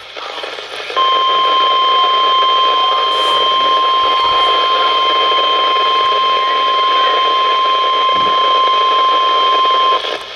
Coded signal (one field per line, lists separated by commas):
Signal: Emergency Alert System (SAME) tones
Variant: 1050 Hz attention tone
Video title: I'M RUNNING OUT OF TITLES... EAS Alerts from 6/1/19 (EAS #2,610 - 2,612)